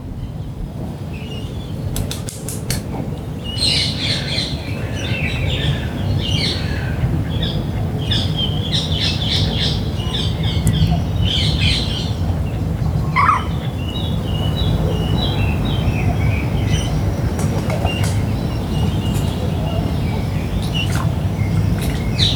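Birds chirp and sing steadily at dawn in Parco Sempione, with quick bright calls repeating throughout, busiest in the first half. Underneath, a constant low rumble of traffic holds steady, with a few sharp clicks near the start.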